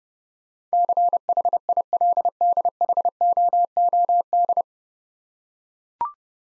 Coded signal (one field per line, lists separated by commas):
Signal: Morse code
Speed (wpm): 30 wpm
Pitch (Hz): 700 Hz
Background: none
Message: CHILDHOOD